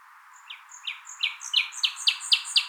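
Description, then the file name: Common nightingale song phrase of sharp, slurred notes repeated about every quarter second, growing steadily louder over under three seconds. "Luscinia megarhynchos"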